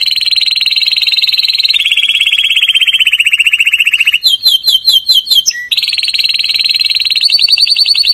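Atlantic canary song of long rolling trills held at steady pitch, broken midway by a burst of sharp rapid chips before the trilling resumes.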